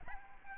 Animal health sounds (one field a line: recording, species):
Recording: mosquito wingbeat signal from an infrared sensor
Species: Aedes albopictus